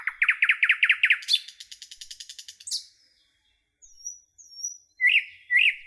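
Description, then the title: Nightingale song opening with a fast, loud chook rattle, then a high buzzing trill, a short pause, soft thin whistles and two rising slurred notes. "A Beautiful Nightingale Song"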